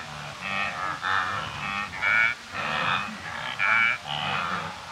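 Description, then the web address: Wildebeest grunting: nasal, honking grunts in short repeated bursts, with a faint low hum underneath. Several wildebeest grazing and grunting, with birds and insects in the background, in Kenya, Africa. "BBC Africa Kenya. wildebeest several grazing and grunting with birds and insects in background"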